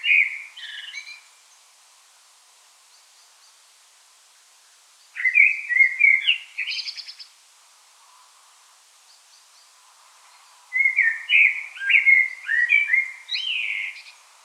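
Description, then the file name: Common blackbird delivering loud, flowing whistled phrases that break into scratchy high twitters, in three bursts separated by pauses. "Turdus merula"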